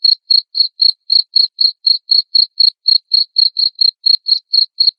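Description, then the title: Cricket chirp series: shrill short pulses repeated rapidly and regularly, about four a second, nothing else audible. Loud cricket chirping played to make lovebirds sing continuously. "Suara JANGKRIK NGERIK Keras Bikin LOVEBIRD Jadi NGEKEK Terus Vubey"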